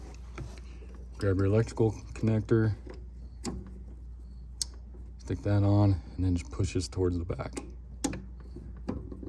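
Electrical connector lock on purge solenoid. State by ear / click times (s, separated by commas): seated / 8.1 s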